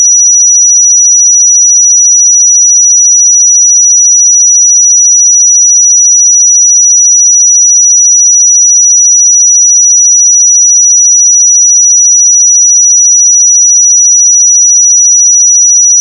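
A pure sine tone at 5857 Hz holds completely steady for the whole clip, a single thin, high, piercing whistle. Its loudness never changes, and nothing else sounds behind it. A faint click comes right at the very end.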